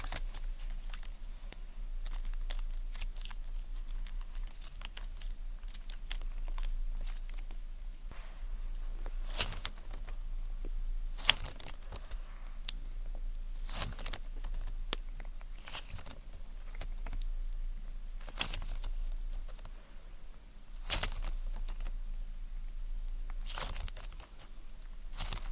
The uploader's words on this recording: ASMR Tingly Tascam Triggers Ear Cleaning, Tweezers, Sticky Sounds, Spray Bottle (No Talking).